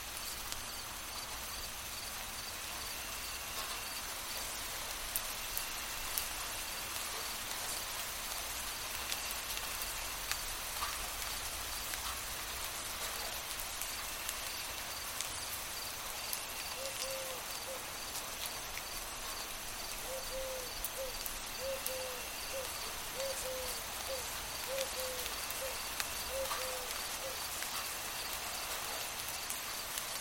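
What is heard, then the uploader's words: Light rain patters steadily and densely, with a faint high insect trill throughout and a soft low chirping series appearing near the end. Listening to the gentle patter of raindrops, accompanied by the rhythmic chorus of crickets singing their lullaby.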